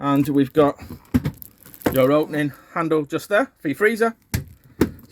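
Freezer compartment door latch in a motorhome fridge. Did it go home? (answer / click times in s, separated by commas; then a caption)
yes / 4.8 s. Someone talks while the opening handle of the small freezer compartment inside the fridge of a 2022 Chausson 644 Titanium Premium motorhome is shown. The freezer compartment door is then pushed closed with a sharp knock at 4.3 seconds. Its latch clicks back in place at 4.8 seconds, and the door is shut.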